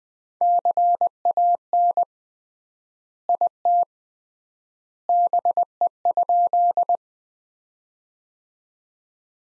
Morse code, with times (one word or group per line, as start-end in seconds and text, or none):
0.4-2.0 CAN
3.3-3.8 IT
5.1-7.0 BE?